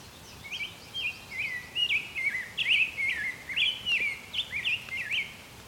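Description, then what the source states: Gray Catbird singing a rambling run of varied short squeaky phrases, with background noise. Doing some mimicry.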